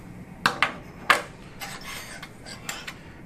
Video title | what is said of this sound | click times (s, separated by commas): Кінематичне вирівнювання при заміні колінного суглобу.Пояснення від Роберта Стінсена. УКР субтитри! | dual stylus pops off, and | 0.5 s